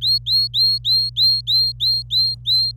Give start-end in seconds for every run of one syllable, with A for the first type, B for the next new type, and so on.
0.01-2.71 A